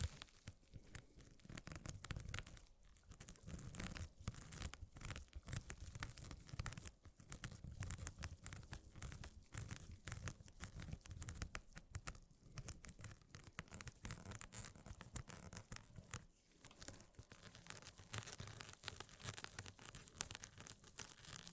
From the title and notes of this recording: ASMR Mini Scratching (NO TALKING).